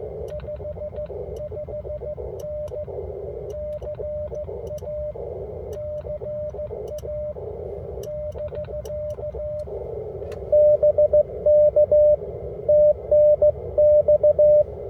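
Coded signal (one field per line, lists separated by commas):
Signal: Morse code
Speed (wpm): 14 wpm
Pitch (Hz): 600 Hz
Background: radio noise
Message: 55N CA CA <BK> BK TNX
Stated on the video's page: Park activation operated from inside a car, using a Chameleon LZ Sloper antenna.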